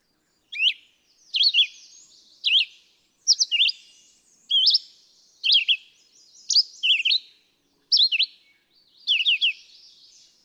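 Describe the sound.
Red-eyed vireo song: short, sharp whistled phrases of quick up-and-down notes, delivered about once a second with brief pauses between them; no other sounds.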